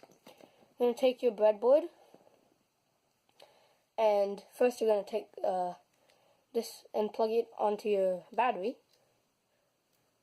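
Someone talks while handling a plastic battery snap connector with red and black leads, bringing it to the terminals of a 9V battery to push it on until it snaps. Only faint, brief handling ticks are heard between the speech. The connector has not clicked or seated onto the battery yet.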